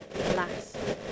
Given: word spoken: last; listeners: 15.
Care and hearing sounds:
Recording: one English word in noise, from a listening test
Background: noise modulated by three-talker babble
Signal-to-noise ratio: -4.1 dB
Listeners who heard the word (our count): 2 of 15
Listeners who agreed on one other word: 6 of 15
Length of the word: 0.72 s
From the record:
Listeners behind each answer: 6, 2, 2, 1, 1, 1, 1, 1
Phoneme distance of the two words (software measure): 24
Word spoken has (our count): 1 syllable, 4 phonemes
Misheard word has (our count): 1 syllable, 4 phonemes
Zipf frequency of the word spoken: 5.97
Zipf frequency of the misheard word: 4.92

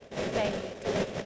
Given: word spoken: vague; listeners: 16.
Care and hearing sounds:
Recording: one English word in noise, from a listening test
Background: noise modulated by three-talker babble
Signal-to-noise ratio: -5.3 dB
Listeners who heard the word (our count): 2 of 16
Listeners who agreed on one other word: 7 of 16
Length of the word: 0.85 s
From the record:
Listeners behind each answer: 7, 2, 2, 2, 1, 1, 1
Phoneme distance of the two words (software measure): 20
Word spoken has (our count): 1 syllable, 3 phonemes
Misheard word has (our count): 1 syllable, 3 phonemes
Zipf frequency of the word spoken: 3.54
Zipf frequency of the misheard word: 3.78

